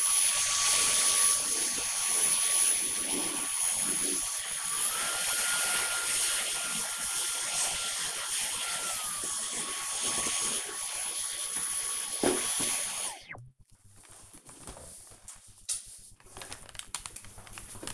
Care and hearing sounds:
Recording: household activities, microphone on the right wrist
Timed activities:
0.00-13.58 s: vacuum cleaning

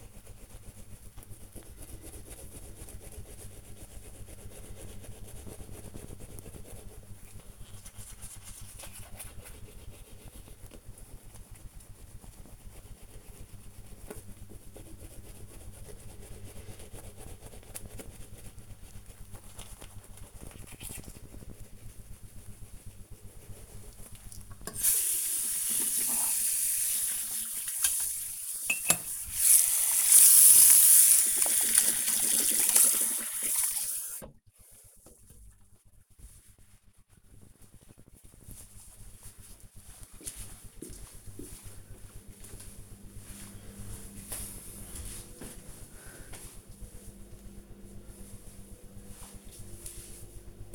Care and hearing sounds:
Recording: household activities, microphone on the right wrist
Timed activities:
0.00-35.73 s: brushing teeth

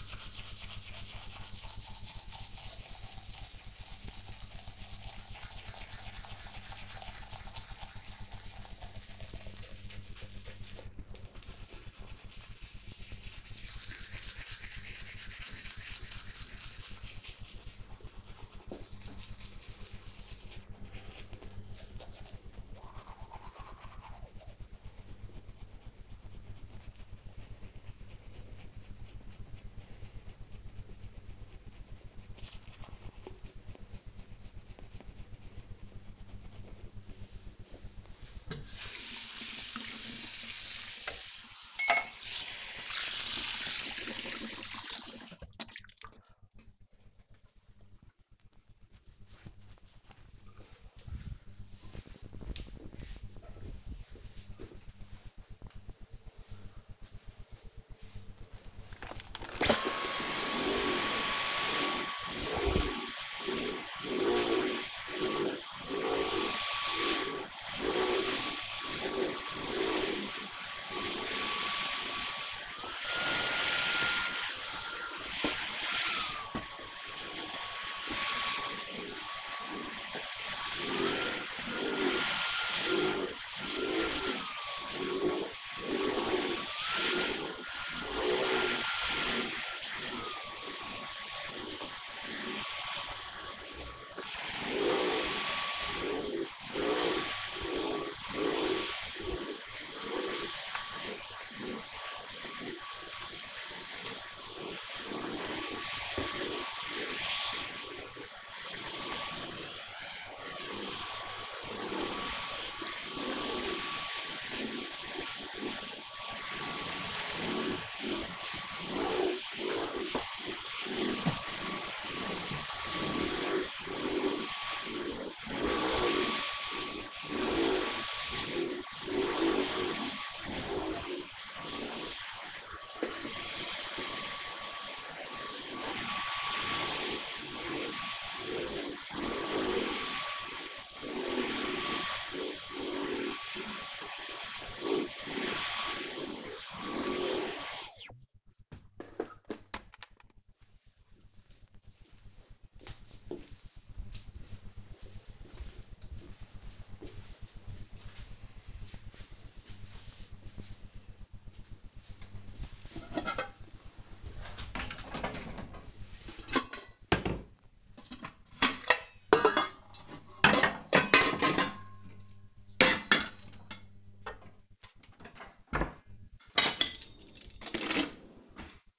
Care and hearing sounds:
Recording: household activities, microphone on the right wrist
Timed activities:
0.00-46.73 s: brushing teeth
57.81-147.41 s: vacuum cleaning
161.51-178.99 s: putting away the dishes

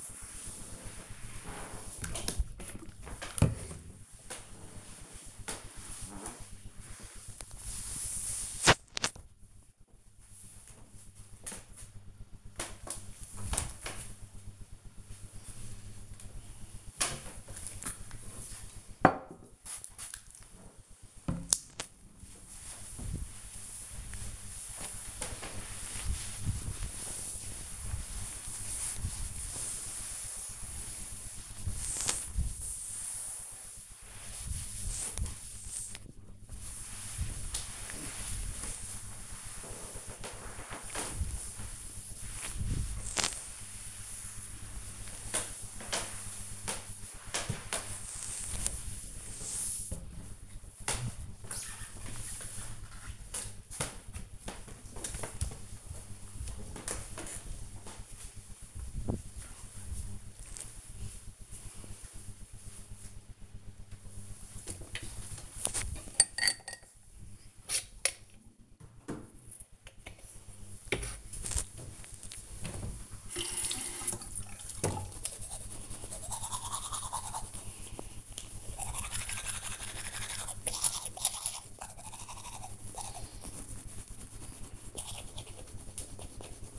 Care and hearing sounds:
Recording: household activities, microphone on the right wrist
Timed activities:
0.00-8.90 s: cleaning table
15.93-50.21 s: cleaning table
63.28-86.79 s: brushing teeth

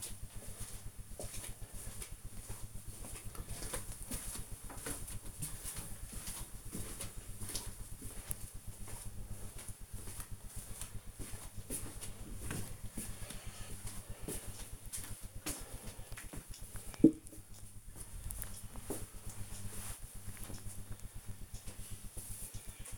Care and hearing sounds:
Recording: household activities, microphone on the right wrist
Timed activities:
none

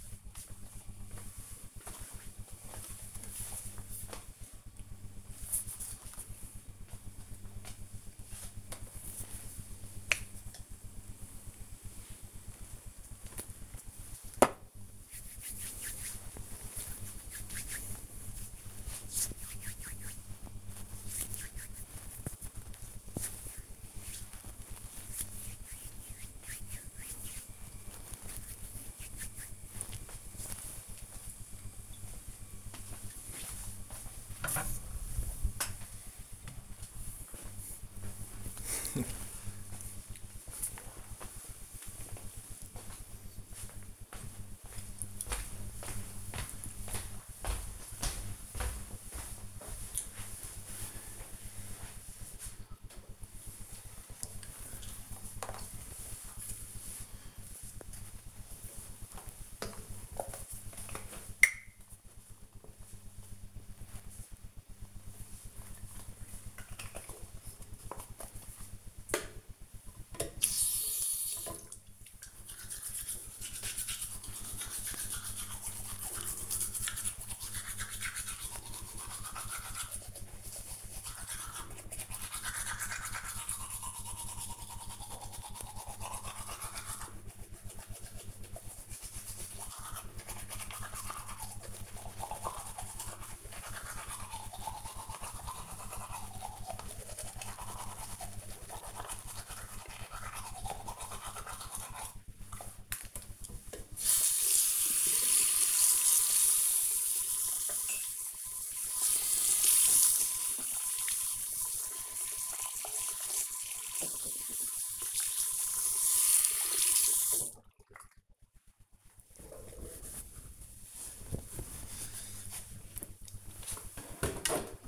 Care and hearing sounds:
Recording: household activities, microphone on the right wrist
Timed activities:
0.00-1.52 s: cleaning table
8.56-30.67 s: cream hands
52.76-117.09 s: brushing teeth

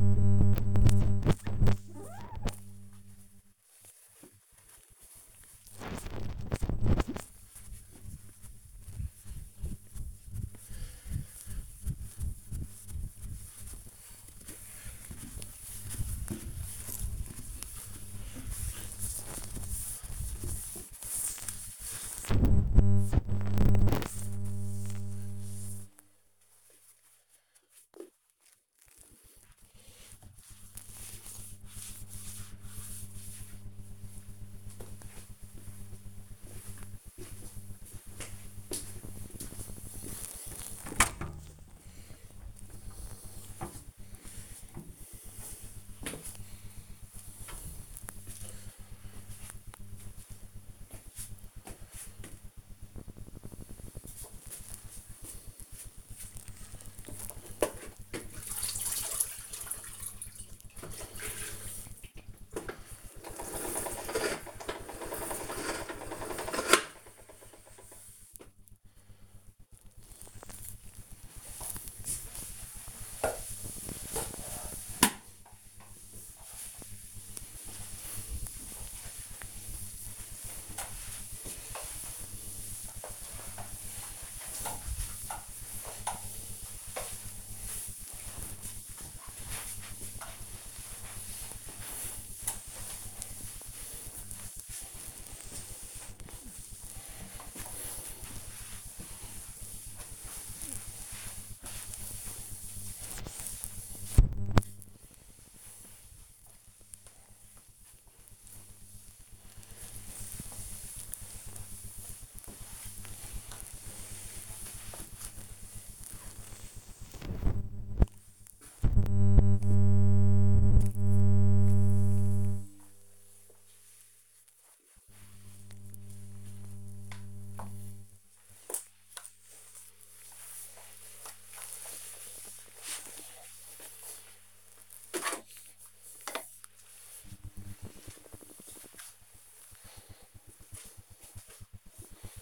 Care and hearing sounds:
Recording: household activities, microphone on the right wrist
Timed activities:
0.00-33.67 s: window cleaning
53.79-137.42 s: floor cleaning

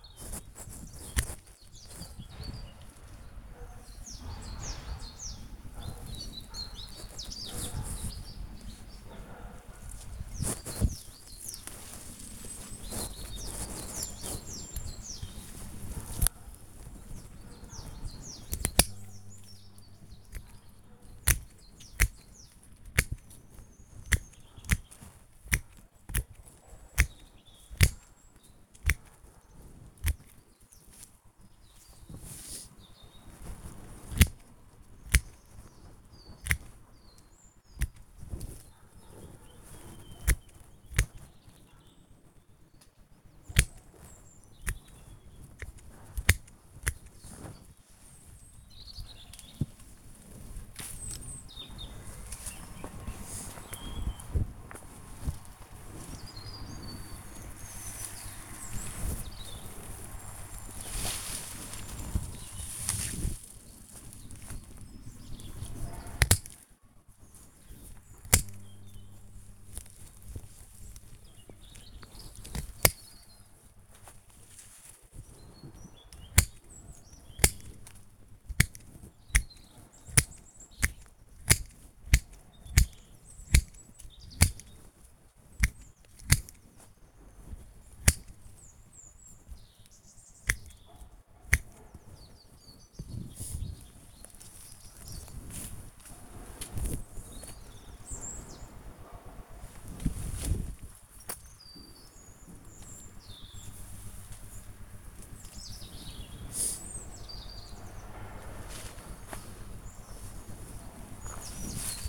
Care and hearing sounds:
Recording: household activities, microphone on the right wrist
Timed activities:
0.00-89.56 s: cutting wood
97.64-112.09 s: cutting wood

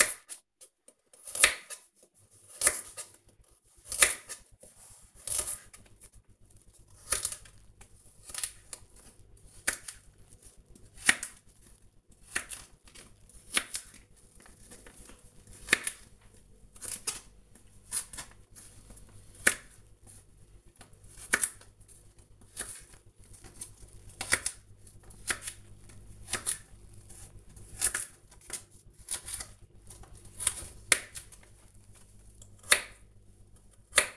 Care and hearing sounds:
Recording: household activities, microphone on the right wrist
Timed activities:
0.00-34.16 s: cutting vegetables

